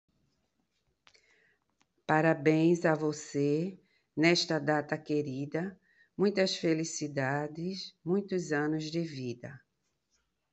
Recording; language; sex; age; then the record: short text; Brazilian Portuguese; female; 50 to 59 years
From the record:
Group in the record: control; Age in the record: 59 years